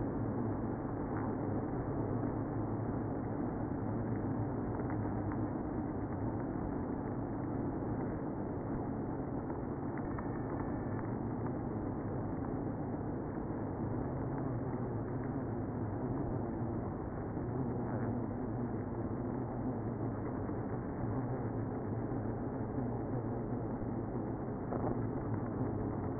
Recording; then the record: honeybee colony, microphone inside the hive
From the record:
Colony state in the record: queenless (queen removed); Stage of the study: after two queens were removed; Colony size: about 60,000 bees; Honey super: yes